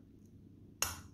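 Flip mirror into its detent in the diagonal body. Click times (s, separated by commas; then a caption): 0.8 s. The flip mirror of a machined metal nPAE 2" astrophotography flip-mirror diagonal is flipped into its engaged position, giving an audible click so you can tell it is engaged. After a quiet low hum, a sharp, bright broadband click at 0.8 s rings down over about two tenths of a second. The mirror has clicked into its detent in the diagonal body and is seated.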